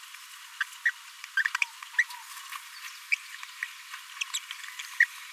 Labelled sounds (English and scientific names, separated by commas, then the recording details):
Green-rumped Parrotlet (Forpus passerinus) babbling
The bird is a male
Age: 26 days
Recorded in a nest box in Venezuela
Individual 17B42A3